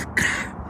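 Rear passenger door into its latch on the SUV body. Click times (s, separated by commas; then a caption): 0.2 s. The heavy metal rear passenger door of a 2023 Mercedes-Benz AMG G63 SUV is pushed firmly shut into its latch on the body. A sharp, solid snap lands at 0.2 s, followed by a short low rumble. The door latches shut.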